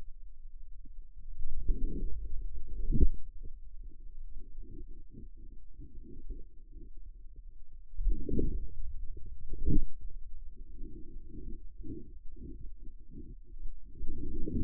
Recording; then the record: forearm muscle sounds (acoustic myography)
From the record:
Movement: outward rotation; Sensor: system 2, bracelet of six BSWA MPA416 microphones around the upper forearm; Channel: 6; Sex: male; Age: 22 years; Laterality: right